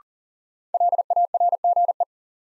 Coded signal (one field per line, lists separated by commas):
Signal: Morse code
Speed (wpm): 40 wpm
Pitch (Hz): 700 Hz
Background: none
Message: LARGE